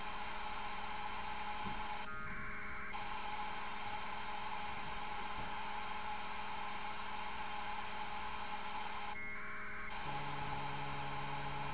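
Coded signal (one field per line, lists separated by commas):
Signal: packet radio (AX.25, as in APRS)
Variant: 1200 baud AFSK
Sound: steady hiss with two brief warbling data bursts, each under a second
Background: radio static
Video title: Strange Beacons - Decoding APRS Using AFSK1200 at 144 390 00 MHz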